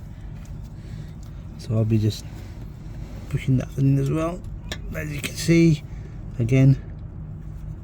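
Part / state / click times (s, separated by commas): wear sensor wire into plastic holder clip / not seated / none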